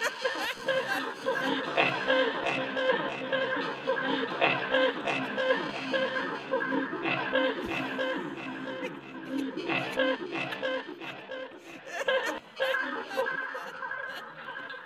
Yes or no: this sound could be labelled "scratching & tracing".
no